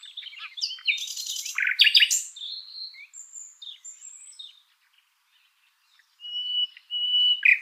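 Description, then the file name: Common nightingale song: harsh rattling and sweeping notes, then softer scattered twitters, a brief silence, and two pure whistled notes followed by a loud burst. "Luscinia megarhynchos"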